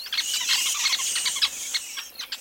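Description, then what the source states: Sociable weavers chattering, a dense jumble of quick, high chirps and twittering notes overlapping continuously. Colonial bird of southern Africa's arid plains, house sparrow-sized, building huge communal nests with room for up to 500 birds.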